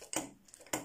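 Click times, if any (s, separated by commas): 0.2 s, 0.7 s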